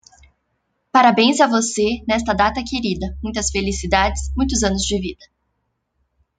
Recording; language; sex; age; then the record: short text; Brazilian Portuguese; female; 30 to 39 years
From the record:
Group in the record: control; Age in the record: 31 years